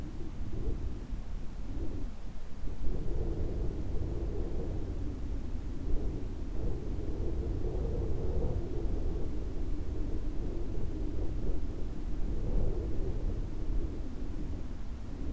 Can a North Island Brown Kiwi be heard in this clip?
no